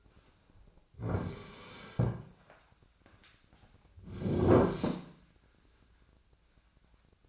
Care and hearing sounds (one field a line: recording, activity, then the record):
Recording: daily activity, microphone in the room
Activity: sit down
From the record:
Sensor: 2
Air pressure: 1009.1 hPa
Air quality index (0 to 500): 177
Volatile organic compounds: 2 ppm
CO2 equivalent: 1290 ppm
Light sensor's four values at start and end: 35/92/39/42 and 34/89/38/40